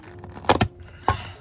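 Plastic retaining clips on the footwell kick trim panel of a BMW E90/E9X pop free of the body as the panel is pulled lightly during footwell module (FRM) removal. Sharp pops are heard at 0.5 s, 0.6 s and 1.1 s, with faint ticks before them. The panel comes off, its clips released.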